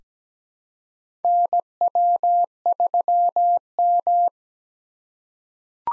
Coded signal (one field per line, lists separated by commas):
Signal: Morse code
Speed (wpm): 17 wpm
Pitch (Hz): 700 Hz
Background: none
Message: NW3M